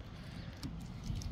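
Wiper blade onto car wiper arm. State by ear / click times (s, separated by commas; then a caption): not seated / none. A new front wiper blade with a plastic adapter is handled at the wiper arm hook of a 2016-2022 Honda HR-V. Two brief, sharp ticks stand out at about 0.6 and 1.2 seconds over a low, steady rumble. Nothing has seated or clicked yet.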